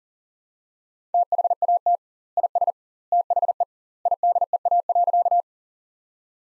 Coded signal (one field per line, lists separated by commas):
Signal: Morse code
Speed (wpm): 37 wpm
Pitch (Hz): 700 Hz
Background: none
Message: THAT IS THE IDEA.